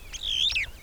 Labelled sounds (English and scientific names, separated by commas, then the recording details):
Superb Starling (Lamprotornis superbus) flight call
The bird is a female
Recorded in Kenya on 25 April 2009 at 08:56
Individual 96, of group SRB2